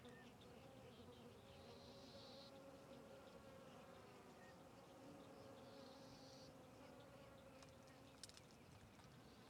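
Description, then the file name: Fly: flies keep up a soft droning buzz while two brief, harsh, high buzzy bursts break in, plus a couple of sharp clicks late on. Several flies circling a tree; natural ambience recorded on the Sertão Zen trail. "Ambiencia na Trilha do Sertao Zen com Moscas Circudando Arvore"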